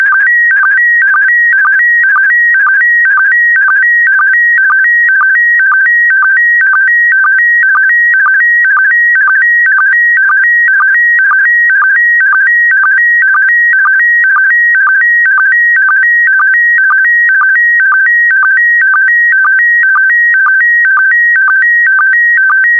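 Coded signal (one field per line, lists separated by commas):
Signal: SSTV (slow-scan television)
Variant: PD120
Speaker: complete you can now check your decoded image against the picture that is shown on the video that concludes the daily transmission of slow scan tv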